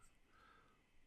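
A plastic transforming-robot limb piece is handled and rotated toward its locking tab, producing soft handling noise with no distinct click. Nothing has seated or clicked yet.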